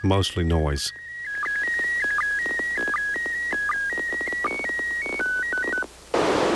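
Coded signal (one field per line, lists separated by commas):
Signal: SSTV (slow-scan television)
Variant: PD 180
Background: speech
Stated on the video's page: SSTV from the ISS.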